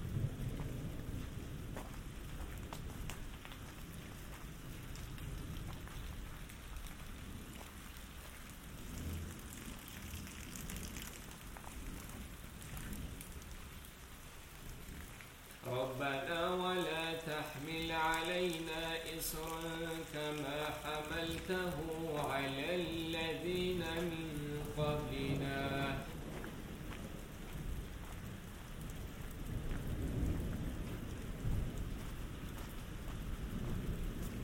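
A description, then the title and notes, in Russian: Rain hisses steadily throughout, with deep rolling thunder rumbling through the first fifteen seconds and again near the end. From about 16 to 26 seconds a thin, wavering melodic sound, like singing or a tune, rises over the rain, then stops abruptly. Саундскейп - погружение в атмосферу Горного Дагестана. Раскаты грома, шум дождя, звуки бегущей воды.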